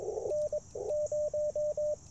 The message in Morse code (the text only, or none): N 0